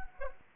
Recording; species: mosquito wingbeat signal from an infrared sensor; Anopheles arabiensis